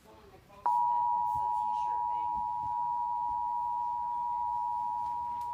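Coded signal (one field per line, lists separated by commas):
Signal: Emergency Alert System (SAME) tones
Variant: 853 and 960 Hz attention tone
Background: speech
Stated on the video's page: Tornado warning alert for four Indiana counties, shown twice with the same message; the second copy uses a Microsoft Mike synthesized voice.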